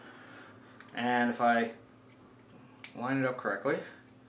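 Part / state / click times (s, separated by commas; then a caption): wire connector into circuit board header / not seated / none. A wire connector, its sides filed down so it fits, is lined up with the header on a stock circuit board while someone talks. Faint handling ticks sound near 0.8 s and 2.8 s, but the connector has not seated or clicked into the board yet.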